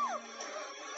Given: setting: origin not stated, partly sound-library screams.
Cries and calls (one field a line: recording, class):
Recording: one-second piece from a danger detection set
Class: woman in danger